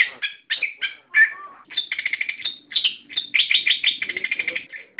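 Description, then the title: Bird song, dense rapid chirping with harsh buzzy notes and trills, nearly continuous throughout. "SuaraBurung Kicau4"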